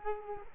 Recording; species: mosquito wingbeat signal from an infrared sensor; Culex quinquefasciatus